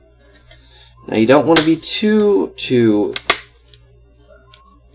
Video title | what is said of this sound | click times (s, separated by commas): Broken laptop screen replacement / How to replace laptop screen [HP-Compaq 15-BS] | and you'll hear it pop now you | 0.4 s, 0.5 s